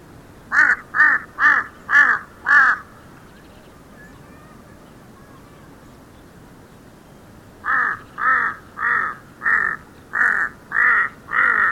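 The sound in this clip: Kaka uttering a rapid burst of five harsh, croaking notes, a few seconds of quiet, then a longer series of seven similar rasping calls.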